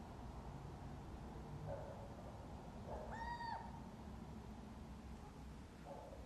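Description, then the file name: Little owl making one prolonged level call midway, with fainter short sounds before and after and steady low rumbling noise throughout. "athene noctua"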